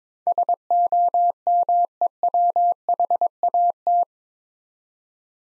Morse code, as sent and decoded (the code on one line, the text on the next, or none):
... --- -- . .-- .... .- -
SOMEWHAT